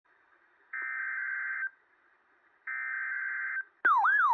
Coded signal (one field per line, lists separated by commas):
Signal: Emergency Alert System (SAME) tones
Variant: header bursts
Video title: Top 10 EAS Alerts of 2016